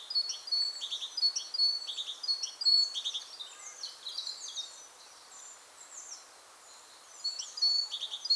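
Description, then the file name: Great tit calls, a busy stream of thin high chirps and quick downward-sweeping notes, dropping away for a couple of seconds before picking up again. "Parus major"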